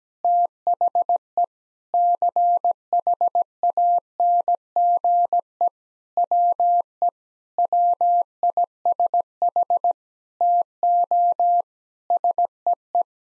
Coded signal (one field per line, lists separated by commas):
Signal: Morse code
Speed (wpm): 17 wpm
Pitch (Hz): 700 Hz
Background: none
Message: THE CHANGE WE WISH TO SEE